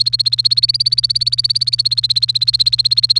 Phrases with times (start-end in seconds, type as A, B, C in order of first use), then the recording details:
0.00-3.20 A. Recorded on 29 April 2018 at 17:44. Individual llb3